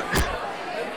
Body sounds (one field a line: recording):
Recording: coughing mixed with background sound